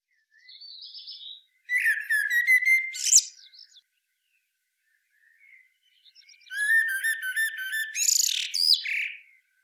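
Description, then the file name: Common blackbird with two loud bouts of harsh, rattling chatter mixed with squeaky notes, separated by a quiet gap. "Turdus merula"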